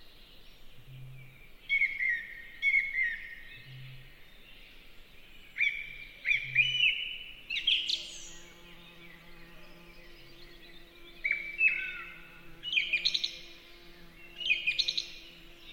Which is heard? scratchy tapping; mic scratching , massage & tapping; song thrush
song thrush